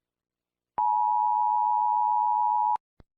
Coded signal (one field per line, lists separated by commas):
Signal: Emergency Alert System (SAME) tones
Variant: 853 and 960 Hz attention tone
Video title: EAS Scenario: Aurora Woods